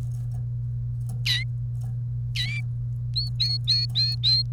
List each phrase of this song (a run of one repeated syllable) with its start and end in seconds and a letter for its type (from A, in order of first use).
1.25-1.43 A, 2.36-2.61 A, 3.15-4.42 B